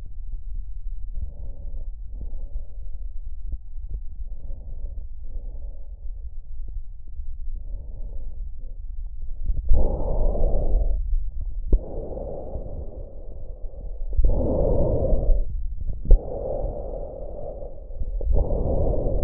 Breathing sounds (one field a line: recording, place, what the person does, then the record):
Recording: lung sounds by stethoscope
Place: trachea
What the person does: quiet breathing, then deep breathing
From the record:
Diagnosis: COPD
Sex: male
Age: 81 years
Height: 166 cm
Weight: 98.7 kg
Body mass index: 35.8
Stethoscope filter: extended mode